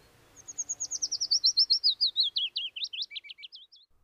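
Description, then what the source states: Willow Warbler song: a rapid run of sweet notes, starting high and dropping in pitch, ending in a longer flourish of slurred notes. Song ends in a long terminal flourish.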